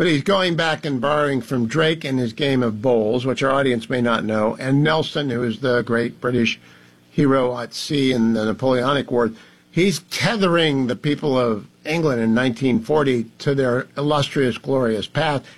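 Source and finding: Adult male speaker. Typical speech.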